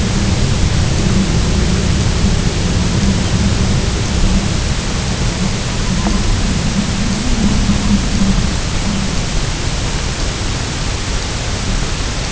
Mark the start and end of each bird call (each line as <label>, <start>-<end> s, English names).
Herring Gull, 2.66-3.19 s
Herring Gull, 5.58-6.40 s